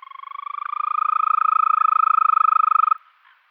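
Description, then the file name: European green toad calling, a single sustained pulsed trill that grows louder over the first second and runs evenly for about three seconds before cutting off. "Bufo viridis"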